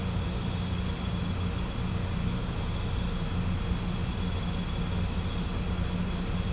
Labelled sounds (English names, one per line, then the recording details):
none
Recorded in pastures near Puerto Asís, Putumayo, Colombia, on 18 December 2024 at 22:00
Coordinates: 0.505, -76.324
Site G063